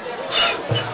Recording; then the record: coughing mixed with background sound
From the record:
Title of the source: Cough Around the Clock!